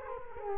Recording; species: mosquito wingbeat signal from an infrared sensor; Culex quinquefasciatus